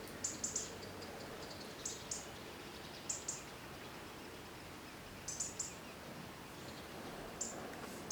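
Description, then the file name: European robin uttering high, thin, clipped notes in quick clusters of two or three, repeated every second or two against a constant hiss. "Erithacus rubecula"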